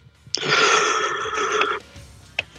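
A single long, loud yawn, breathy and slightly voiced, swelling for about a second and a half before tapering off, followed by a brief soft click.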